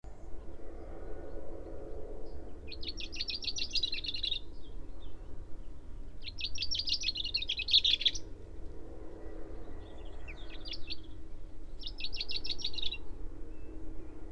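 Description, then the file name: Common chaffinch song, several bursts of quick trilled notes spaced a few seconds apart, over steady background noise. "Fringilla coelebs"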